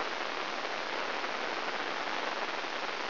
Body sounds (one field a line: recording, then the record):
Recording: brain microelectrode recording played as sound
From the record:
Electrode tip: inside the subthalamic nucleus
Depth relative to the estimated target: -4 mm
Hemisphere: right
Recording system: AlphaMap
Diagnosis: Parkinson's disease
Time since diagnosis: 12 years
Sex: female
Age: 56 years